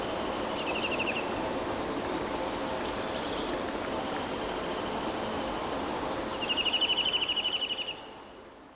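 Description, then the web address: Eurasian nuthatch with a faint short trill early on, then a louder fast trill of rapid repeated notes near the end, over steady background noise. "kowalik kowalikszybkietryle"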